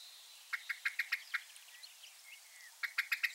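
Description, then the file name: Common blackbird: a run of several evenly spaced hard chink notes, a short pause with faint chirps, then another quick series. "Turdus merula"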